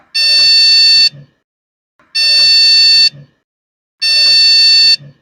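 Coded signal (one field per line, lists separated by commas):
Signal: beep code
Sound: three long, harsh buzzing beeps, each about one second, repeating every two seconds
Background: faint handling noise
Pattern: 3 long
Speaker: स्टूडेंट्स देख सकते हैं यहां पर फिर से बीप का साउंड आ रहा है।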